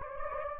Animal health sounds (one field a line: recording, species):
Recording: mosquito wingbeat signal from an infrared sensor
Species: Anopheles gambiae